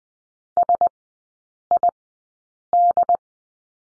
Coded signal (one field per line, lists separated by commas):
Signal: Morse code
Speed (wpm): 20 wpm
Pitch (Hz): 700 Hz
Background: none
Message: SID